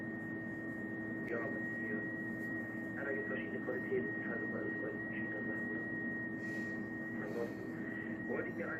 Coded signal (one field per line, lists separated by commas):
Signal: FT8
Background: speech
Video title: FT8 Aktivities on 14 MHZ with homemade rot. Dipole